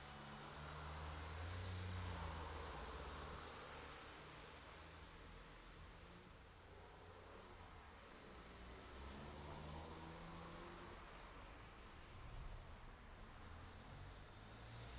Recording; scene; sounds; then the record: everyday scene through a hearing-aid microphone; in traffic; traffic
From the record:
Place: city secondary road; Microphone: in the ear canal, left